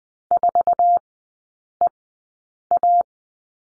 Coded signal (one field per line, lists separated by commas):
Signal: Morse code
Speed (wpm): 20 wpm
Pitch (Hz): 700 Hz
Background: none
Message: 4EA